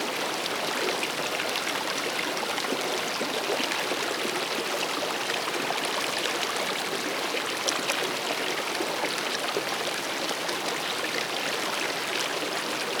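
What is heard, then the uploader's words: A flowing river runs steadily, its dense, even rush of water holding the same level from start to finish. The sound sits mostly in the bright middle and upper range, with fine splashing and trickling detail and little deep rumble underneath. Flowing River.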